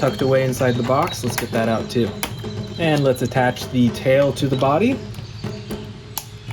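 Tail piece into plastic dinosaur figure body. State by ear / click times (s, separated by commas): seated / 6.2 s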